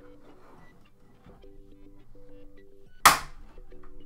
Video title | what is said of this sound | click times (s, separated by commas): Build Your Own 3D-Printed Nintendo Switch Arcade Cabinet! | we'll kind of snap into place there it doesn't want to slide from the side but that worked perfectly now | 3.1 s